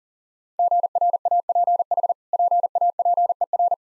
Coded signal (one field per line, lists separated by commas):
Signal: Morse code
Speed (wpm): 40 wpm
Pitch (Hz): 700 Hz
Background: none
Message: GRAPH PAPER